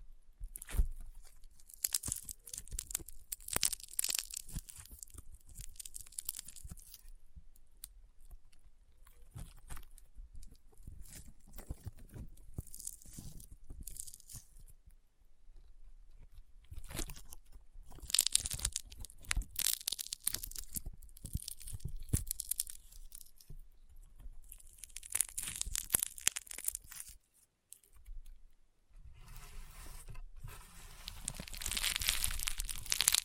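Rainbow honeycomb slime being squeezed gives a dense run of crunchy crackles and sharp pops, coming in bursts with short quieter gaps between them. The crackling is bright and crisp, heaviest around 17–26 seconds, with a hissy, crinkly stretch near the end.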